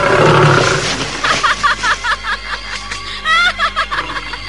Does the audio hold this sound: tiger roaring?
yes